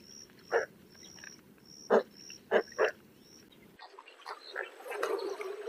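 Spoonbill giving short, low, husky grunts, one single then a close group of three, over a thin steady high whine that drops out partway through.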